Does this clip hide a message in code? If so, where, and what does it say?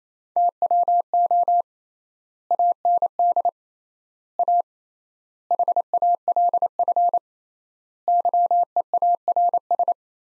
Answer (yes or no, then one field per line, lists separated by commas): yes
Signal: Morse code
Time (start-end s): 0.4-9.9 s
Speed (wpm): 27 wpm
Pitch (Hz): 700 Hz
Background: none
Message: TWO AND A HALF YEARS